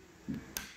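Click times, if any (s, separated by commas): 0.6 s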